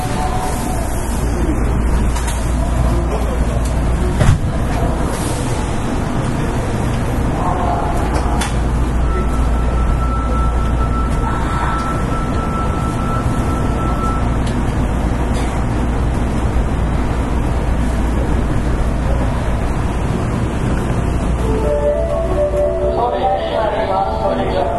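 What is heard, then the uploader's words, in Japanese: A Kita-Osaka Kyuko 9000 series train runs on the Osaka Midosuji subway line with a steady, dense low rumble throughout. A thin whine rises briefly around the middle, and near the end a few tonal chimes or squeals appear over the constant roar. 北大阪急行 9000系。大阪市営地下鉄 御堂筋線内。新大阪から中百舌鳥までです。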